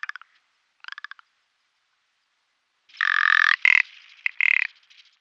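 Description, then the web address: Ptarmigan with brief stuttering clicks, a pause, then a loud, dry, rattling croak broken into several choppy pieces. Male display. "Schulze Peter Ptarmigan"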